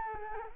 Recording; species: mosquito wingbeat signal from an infrared sensor; Culex quinquefasciatus